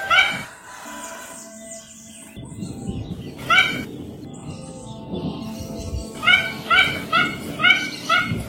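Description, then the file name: Mandarin duck calls: short harmonic, slightly arched notes, a few scattered early, then a quick series of about six near the end; fainter higher chirps and a low background rumble. "canto do pato mandarim"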